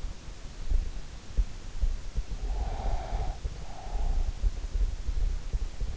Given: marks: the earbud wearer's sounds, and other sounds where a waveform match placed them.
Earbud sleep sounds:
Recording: sounds in sleep by an in-ear microphone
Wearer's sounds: breath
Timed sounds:
2.48-4.35 s: breath

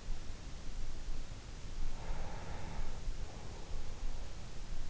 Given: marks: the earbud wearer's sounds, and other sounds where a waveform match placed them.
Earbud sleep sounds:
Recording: sounds in sleep by an in-ear microphone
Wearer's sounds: breath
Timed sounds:
1.75-4.08 s: breath

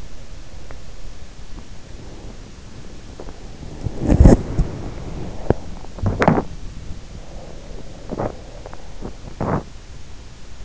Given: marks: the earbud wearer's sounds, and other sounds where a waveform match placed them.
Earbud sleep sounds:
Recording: sounds in sleep by an in-ear microphone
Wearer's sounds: breath, body movement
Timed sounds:
0.20-2.50 s: sound from someone else or the room
1.68-2.50 s: breath
3.84-10.65 s: body movement

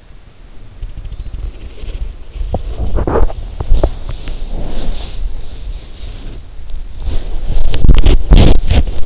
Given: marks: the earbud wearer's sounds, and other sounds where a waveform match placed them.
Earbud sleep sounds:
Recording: sounds in sleep by an in-ear microphone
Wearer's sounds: body movement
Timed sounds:
0.75-9.06 s: body movement

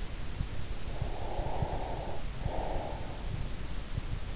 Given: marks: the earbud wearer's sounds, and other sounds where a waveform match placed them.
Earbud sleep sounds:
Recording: sounds in sleep by an in-ear microphone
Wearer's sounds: breath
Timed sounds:
0.87-3.18 s: breath

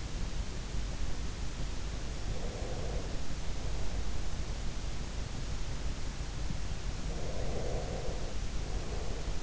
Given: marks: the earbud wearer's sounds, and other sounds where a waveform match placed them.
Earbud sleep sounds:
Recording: sounds in sleep by an in-ear microphone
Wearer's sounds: breath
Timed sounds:
2.12-3.85 s: breath
7.13-9.43 s: breath

